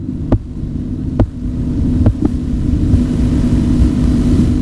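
Korotkoff sounds, phase 5, heard by stethoscope over the brachial artery during blood pressure measurement: a few faint tapping sounds over a steady low hum, then they disappear. Diastolic pressure is recorded at the moment the sound disappears.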